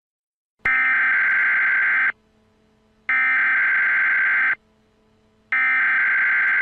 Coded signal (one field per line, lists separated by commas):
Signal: Emergency Alert System (SAME) tones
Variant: header bursts